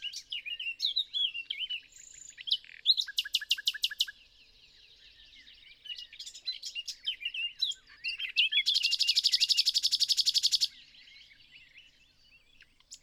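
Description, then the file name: Common nightingale singing varied warbled phrases broken by two bursts of rapid repeated notes, the second long and rattling. "Luscinia megarhynchos"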